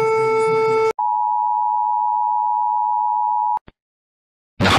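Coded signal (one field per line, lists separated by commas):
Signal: Emergency Alert System (SAME) tones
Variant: 853 and 960 Hz attention tone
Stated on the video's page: EAS alarm tones in an animated series, simulated.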